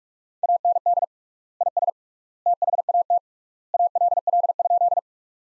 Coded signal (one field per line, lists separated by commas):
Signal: Morse code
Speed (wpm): 47 wpm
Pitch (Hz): 700 Hz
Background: none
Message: AND IS THAT ALL?